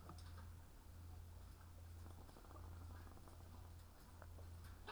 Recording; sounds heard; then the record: poultry house recording; sick chickens (respiratory disease)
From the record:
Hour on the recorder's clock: 16